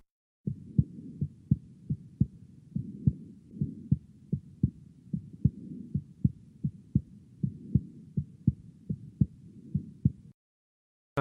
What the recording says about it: A third heart sound, and we call this S3. And this is heard roughly. 0.1 seconds after the second heart sound. It's quite subtle, so you can only just about hear an extra sound after the second heart sound. Rapid ventricular filling, causing the chordae tendineae, or the tendons inside the heart, to pull to their full length and twang like a guitar string. This can be normal in young patients, 15 to 40 years old.